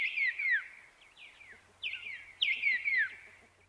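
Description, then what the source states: White-plumed Honeyeater song: a few short phrases of bright, slurred descending notes, separated by brief pauses. Regional song dialect from about another 400 km further inland than the inland South Australian birds; each region has its own learned song phrase.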